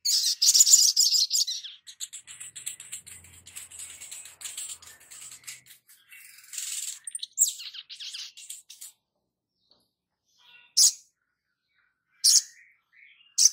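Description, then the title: Spiderhunter song: a long high twittering warble fading out, followed by a few single sharp chips. Masteran (training recording for cage birds), Labaik variant. "Sogok Ontong Labaik"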